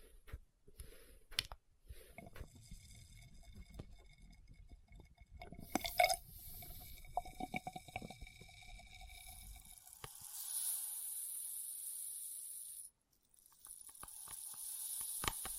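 Experimental triggers made with test tubes: scattered glassy taps and clinks ring out over a soft, crackly rustle for the first ten seconds, with a sharp tap near six seconds. Then a steady airy hiss takes over, drops out briefly around thirteen seconds, and returns.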